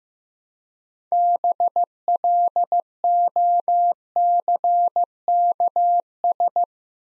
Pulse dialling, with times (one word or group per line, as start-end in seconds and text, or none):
none